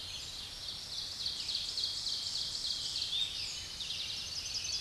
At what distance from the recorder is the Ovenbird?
about 40 m